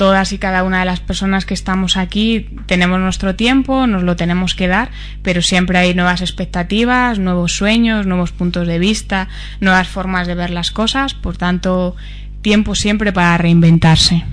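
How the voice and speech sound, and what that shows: A woman speaks Spanish fluently and steadily, with a clear, even voice at a moderate pitch and natural phrasing broken by short pauses. Articulation is crisp and rhythm is smooth. Ordinary speech with no sign of a voice or speech disorder.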